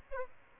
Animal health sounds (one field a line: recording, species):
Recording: mosquito wingbeat signal from an infrared sensor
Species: Aedes aegypti